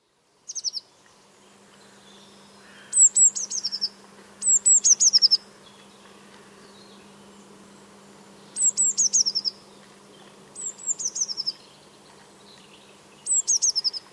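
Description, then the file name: Eurasian blue tit calling in short bursts of thin, high, descending notes, each burst several notes, bursts one to four seconds apart, over a steady low hum. "Cyanistes caeruleus"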